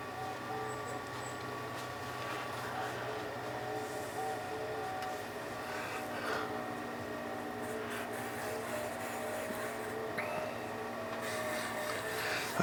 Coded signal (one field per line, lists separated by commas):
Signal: FT8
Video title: W9W FT8 Operating